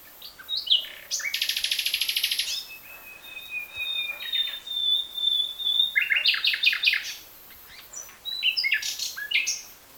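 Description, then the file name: Common nightingale song, varied phrases: a rapid rattling trill, a long pure whistle, then bursts of chattering and repeated chirps with short pauses between. "Luscinia megarhynchos"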